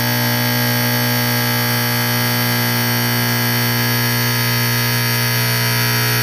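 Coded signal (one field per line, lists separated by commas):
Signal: alarm pattern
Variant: electromechanical horn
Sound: harsh, loud, unbroken low buzzing horn with rich harmonics, lasting the whole clip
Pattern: continuous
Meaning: Fire alarm: evacuate the building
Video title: Fire Alarm Sound Effect #2 - Simplex 4050 + 4050-82 120VAC 1970s Vintage School Fire Alarm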